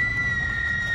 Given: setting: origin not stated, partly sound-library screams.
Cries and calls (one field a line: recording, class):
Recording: one-second piece from a danger detection set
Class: woman in danger